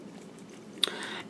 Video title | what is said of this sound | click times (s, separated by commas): Crochet Basics 158 Candy Corn Applique to Amigurumi Halloween Fun #crochetpattern K Bella Jolie LLC | it uh it locks in place so that it doesn't come out | 0.8 s